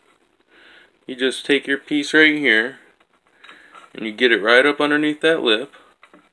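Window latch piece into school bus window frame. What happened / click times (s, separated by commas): The part is being positioned but has not seated yet / none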